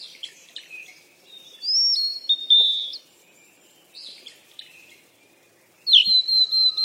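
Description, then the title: Birds chirping in separate loud bursts of bright slurred notes, with quiet pauses between them and a final sharp whistled phrase. Birds at play. "鸟儿嬉戏声"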